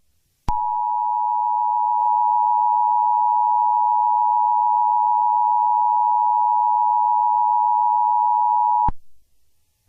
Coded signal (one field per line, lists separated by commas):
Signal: Emergency Alert System (SAME) tones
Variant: 853 and 960 Hz attention tone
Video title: EAS scenario 6: whitty’s explosion part 4 it’s still going